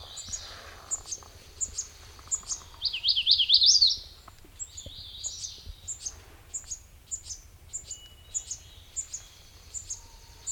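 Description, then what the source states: MacGillivray's warbler singing one loud wavering, warbled phrase, while high sharp chips repeat steadily throughout. Recorded 9 June 2002; six songs.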